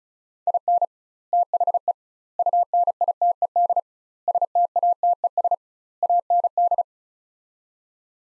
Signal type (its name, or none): Morse code